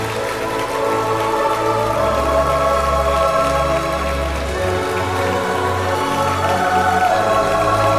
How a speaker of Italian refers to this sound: Facciamoci un applauso per noi, grazie.